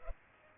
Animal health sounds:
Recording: mosquito wingbeat signal from an infrared sensor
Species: Culex pipiens

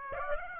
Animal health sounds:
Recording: mosquito wingbeat signal from an infrared sensor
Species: Aedes aegypti

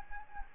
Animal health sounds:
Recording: mosquito wingbeat signal from an infrared sensor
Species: Anopheles gambiae

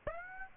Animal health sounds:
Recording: mosquito wingbeat signal from an infrared sensor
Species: Aedes aegypti

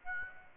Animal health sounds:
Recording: mosquito wingbeat signal from an infrared sensor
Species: Aedes aegypti

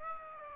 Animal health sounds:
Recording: mosquito wingbeat signal from an infrared sensor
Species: Aedes aegypti

